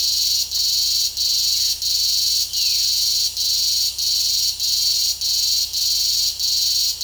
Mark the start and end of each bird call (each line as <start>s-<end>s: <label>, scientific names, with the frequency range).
2.49s-2.84s: Cyanocorax violaceus (1.6-3.2 kHz)